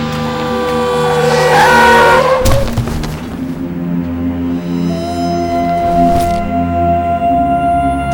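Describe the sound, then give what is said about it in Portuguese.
A car's tires screech in a rising, high-pitched squeal for about two seconds, ending in a loud, dull impact as the car hits a woman crossing the road, while the engine keeps rumbling without stopping and a second thump comes a few seconds later. “Baque surdo, um corpo revira no ar e volta pesadamente ao chão. Sob as rodas de um carro que nem sequer parou”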